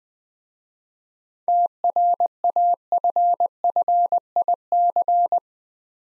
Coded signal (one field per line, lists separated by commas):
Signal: Morse code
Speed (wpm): 20 wpm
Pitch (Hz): 700 Hz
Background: none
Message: TRAFFIC